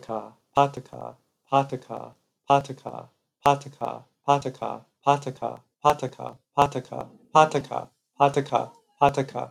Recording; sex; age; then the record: repeated syllables /pa ta ka/; male; 30 to 39 years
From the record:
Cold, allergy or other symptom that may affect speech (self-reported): no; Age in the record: 31 years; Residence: Minnesota, United States